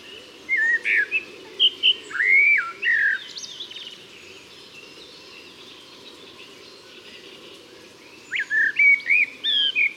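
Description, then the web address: Common blackbird singing two well-separated bouts of rich warbled whistles, each with squeaky high flourishes, a quiet pause of several seconds between them. "SETE data Turdus merula"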